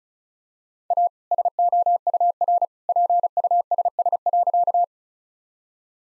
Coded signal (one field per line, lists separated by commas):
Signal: Morse code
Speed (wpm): 36 wpm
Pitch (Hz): 700 Hz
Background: none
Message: A SOUR PUSS.